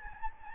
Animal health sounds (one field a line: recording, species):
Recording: mosquito wingbeat signal from an infrared sensor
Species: Anopheles gambiae